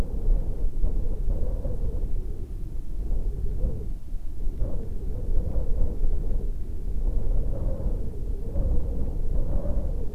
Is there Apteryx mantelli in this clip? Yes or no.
no